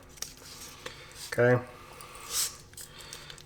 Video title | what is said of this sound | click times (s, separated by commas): Capri Torque Wrench unboxing | and after each use at low torque settings pull the wrench slowly before you can hear the click okay | 0.2 s